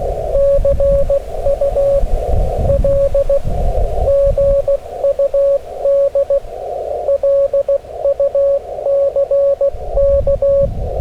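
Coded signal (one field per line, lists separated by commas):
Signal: Morse code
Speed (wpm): 15 wpm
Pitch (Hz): 560 Hz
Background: radio noise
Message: CUL GUD LUCK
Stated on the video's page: Straight-key QRP Morse during a windy Parks on the Air activation, using a QMX and then an FT-891 transceiver.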